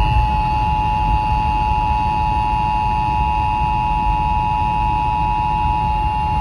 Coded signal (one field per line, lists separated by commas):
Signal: Emergency Alert System (SAME) tones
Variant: 853 and 960 Hz attention tone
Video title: IL RMT on 720 AM (EAS #575)